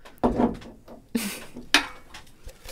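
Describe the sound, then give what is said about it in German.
The lid of a glass jar, the "Glass of Truth", is worked open, followed by rustling and clattering as slips of paper bearing questions are drawn out, with several sharp bursts of handling noise and no one speaking. “Für die Zuhörer, die das Glas der Wahrheit noch nicht kennen, jede der netten Damen hat jetzt gerade einen Zettel gezogen und wird uns jetzt die Frage vorlesen und beantworten.”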